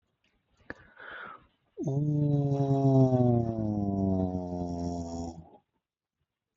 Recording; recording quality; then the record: sustained vowel as in boot; excellent, no background noise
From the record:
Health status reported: healthy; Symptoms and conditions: hypertension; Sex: male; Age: 50 years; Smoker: not ticked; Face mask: not worn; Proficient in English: yes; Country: India